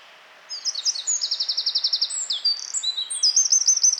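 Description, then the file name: Eurasian wren song: after half a second of quiet, a loud, very high, rapid outpouring of sharp trills and bright notes runs to the end without a break. "Troglodytes troglodytes"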